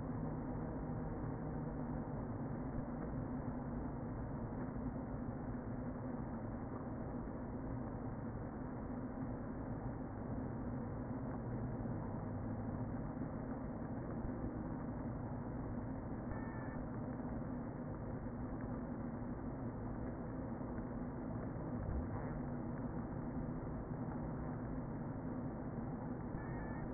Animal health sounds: honeybee colony, microphone inside the hive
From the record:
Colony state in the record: queen present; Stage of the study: before two queens were removed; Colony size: about 60,000 bees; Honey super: yes

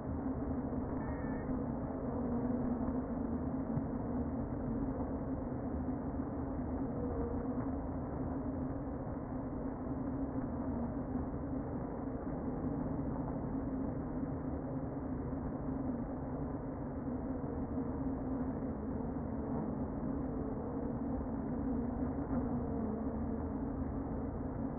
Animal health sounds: honeybee colony, microphone inside the hive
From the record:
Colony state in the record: queen present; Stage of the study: before two queens were removed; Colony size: about 60,000 bees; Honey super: yes

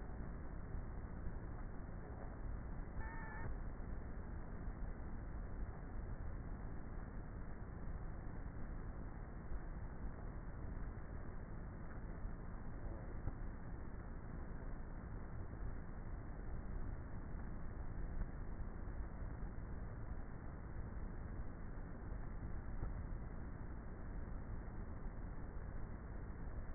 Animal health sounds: honeybee colony, microphone inside the hive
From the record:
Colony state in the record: queenless with a low population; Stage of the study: before two queens were removed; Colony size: about 30,000 bees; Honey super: no

